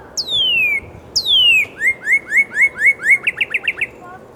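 Northern cardinal song: two long down-slurred whistles, then a series of rising slurred notes that speed into quick notes, loud and clear over a faint low hum.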